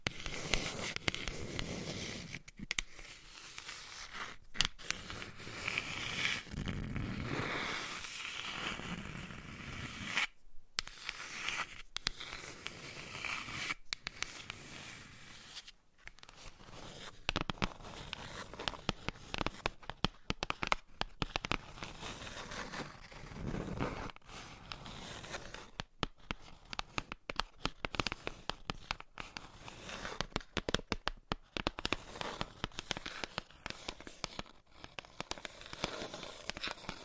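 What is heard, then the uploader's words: Gentle tapping and scratching fill the recording with dense, crisp crackles and rustles that sound bright and papery. The texture shifts from softer strokes early on to quicker, sharper clicks later, with brief silent pauses near 10 and 16 seconds. ASMR Tingly Gentle Tapping & Scratching to Help You Fall Asleep No Talking.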